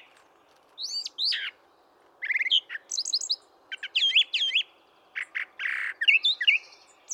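Brown thrasher singing varied phrases: sharp downslurred notes and quick buzzy clusters, broken by brief gaps over a soft steady background hiss.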